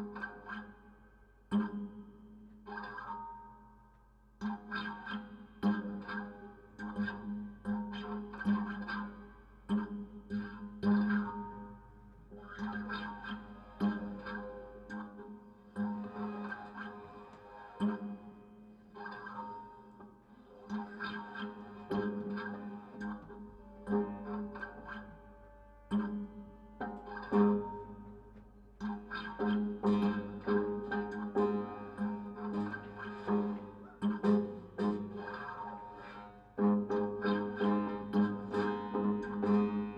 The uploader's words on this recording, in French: Objet usuels détournés de lutherie inventée ou de matériaux naturelles. La manipulation des objets, des matières.